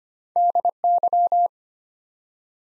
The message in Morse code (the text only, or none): DY